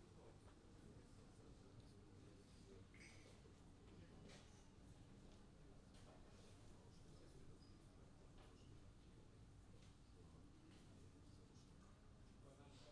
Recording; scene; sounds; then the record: everyday scene through a hearing-aid microphone; many people talking; many voices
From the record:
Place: university cafeteria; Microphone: in the ear canal, left